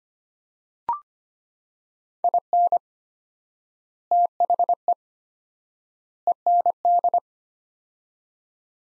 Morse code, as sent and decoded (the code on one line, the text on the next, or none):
.. -. / - .... . / . -. -..
IN THE END